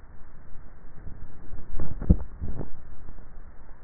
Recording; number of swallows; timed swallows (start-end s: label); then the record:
swallowing sounds by neck microphone; 1
1.75-2.58 s: swallow
From the record:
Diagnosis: dysphagia